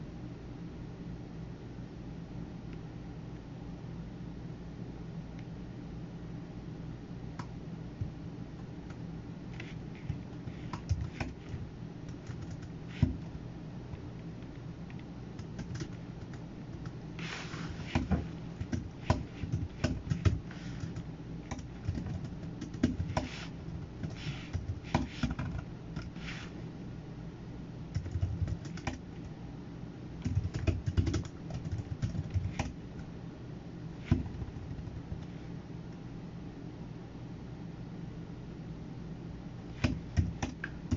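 Sounds of someone working at a computer: quick, irregular key taps and clicks come in bursts, sparse at first and busiest from about 17 to 33 seconds. A steady low hum runs underneath throughout, with a faint high hiss on top.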